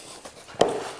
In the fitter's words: and then I can kind of straighten that piece out down here until it gets clicked into place now